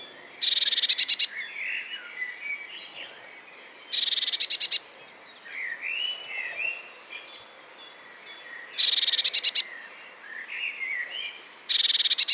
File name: blaumeise gesang nabu lars lachmann